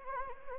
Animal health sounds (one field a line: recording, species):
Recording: mosquito wingbeat signal from an infrared sensor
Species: Anopheles arabiensis